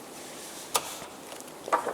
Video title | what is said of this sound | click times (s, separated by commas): Stiegelmeyer Evario Bed Training Video | you can then twist the knob again and you'll hear it click into position and | 0.8 s